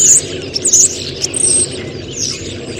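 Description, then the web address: Bird calls: quick, very high-pitched chirps and a brief thin whistle in rapid succession, over a steady hiss. "Deverinetal 2025. Bird Only"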